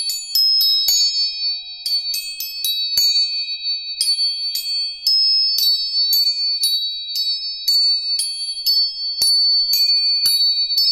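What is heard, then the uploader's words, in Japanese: Tuning forks are struck again and again, quickly at first and then about once a second, each tap a sharp metallic click. Several bright, high ringing tones sustain and overlap between strikes, holding steady throughout. Clear. 音叉チューニング全体性。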